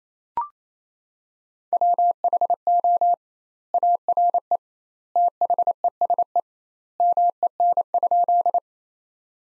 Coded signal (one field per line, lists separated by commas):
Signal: Morse code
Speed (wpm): 28 wpm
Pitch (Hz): 700 Hz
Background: none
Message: WHO ARE THESE MEN?